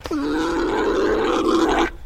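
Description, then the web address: Alpaca mating call: one sustained, raspy groan lasting nearly two seconds, holding a steady low pitch with rich overtones. Mating call of a male. "Sound Effects-Foundation 1 ANIMAL ALPACA MALE MATING CALL"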